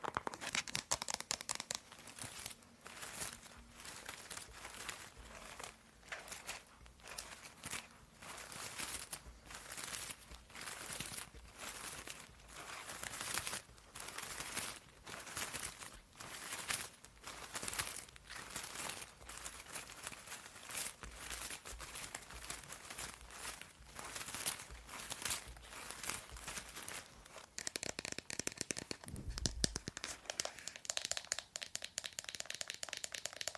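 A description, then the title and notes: Dry scratching and tapping on a fake plant, with stiff leaves rustling and crinkling in quick, irregular bursts throughout. The sounds are bright and crisp, packed densely with short pauses. Near the end the texture shifts, with a brief low thump around twenty-nine seconds. Fake Plant Scratching and Tapping.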